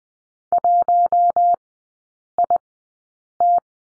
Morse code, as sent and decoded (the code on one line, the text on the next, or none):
.---- .. -
1IT